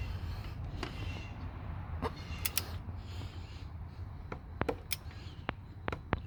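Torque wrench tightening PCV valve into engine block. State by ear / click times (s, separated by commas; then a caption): torque reached / 6.1 s. A click-type torque wrench set to 33 tightens the PCV valve into the engine block of a 2009-2014 Acura TSX, with several sharp ticks over a steady low rumble. The wrench clicks at 6.1 s as it reaches its setting, and the valve is torqued down.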